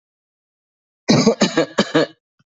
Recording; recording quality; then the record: shallow voluntary cough; excellent, no background noise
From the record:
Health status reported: healthy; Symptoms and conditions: none ticked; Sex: male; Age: 33 years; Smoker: not ticked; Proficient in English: yes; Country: India